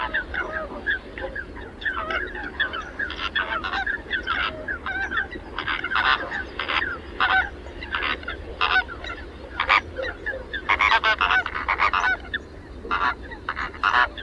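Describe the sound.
Flamingo flock calls, a dense chorus of nasal honking notes overlapping constantly, bursts louder around six and eleven seconds, with a low background rumble.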